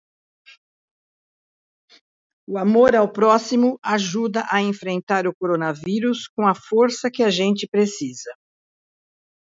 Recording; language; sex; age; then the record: spoken sentence; Brazilian Portuguese; female; 60 to 69 years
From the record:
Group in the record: control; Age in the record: 69 years